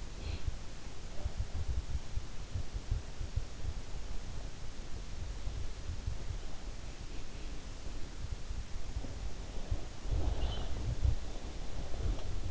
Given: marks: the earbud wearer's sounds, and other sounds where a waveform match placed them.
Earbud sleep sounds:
sounds in sleep by an in-ear microphone; breath
0.00-1.87 s: breath
9.95-12.51 s: sound from someone else or the room
9.99-12.51 s: breath

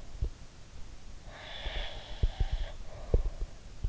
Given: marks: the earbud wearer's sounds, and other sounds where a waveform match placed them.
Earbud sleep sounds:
sounds in sleep by an in-ear microphone; breath
0.00-0.35 s: sound from someone else or the room
1.18-3.60 s: breath
1.63-3.89 s: sound from someone else or the room

